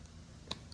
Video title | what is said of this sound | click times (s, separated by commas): Is this Inkbird 4-Probe BBQ Thermometer a GREAT VALUE or overpriced Tech? | you can hear that click. | 0.5 s